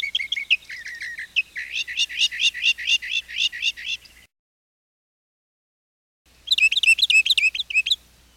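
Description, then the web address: Northern mockingbird song: quick, bright phrases, each repeated several times in a row, then a brief silence and a fresh burst of rapid repeated notes. "101 Bird Songs. Mockingbird"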